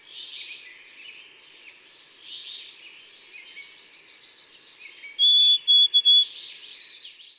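White-throated sparrow's plaintive whistled song, high sustained notes stepping down into a broken run of short whistles, among other birds' chirps and a buzzy trill.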